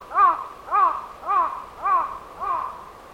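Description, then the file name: Crow cawing: five hoarse caws in a steady series about every half second, each slightly arched in pitch, growing softer toward the end. Call fading. "BIRD CROW CALL FADING"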